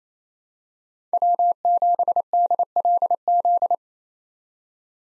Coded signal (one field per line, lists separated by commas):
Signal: Morse code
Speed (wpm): 28 wpm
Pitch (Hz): 700 Hz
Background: none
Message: W7DLZ